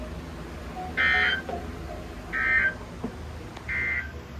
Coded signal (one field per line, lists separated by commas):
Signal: Emergency Alert System (SAME) tones